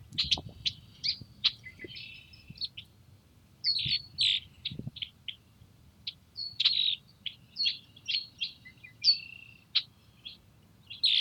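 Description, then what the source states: Red-winged blackbird giving many sharp chips and short buzzy phrases in quick, uneven succession, over faint low rumble. Nesting in cattails near a house in Montana; morning of April 21, 2022, after fresh snow; birds reacted to the furry-covered mic; Rode NTG-2 shotgun mic on boom pole, Zoom H4N recorder.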